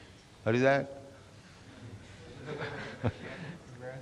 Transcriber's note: laughter